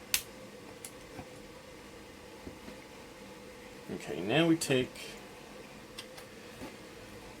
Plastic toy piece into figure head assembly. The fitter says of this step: And that just pops right in here.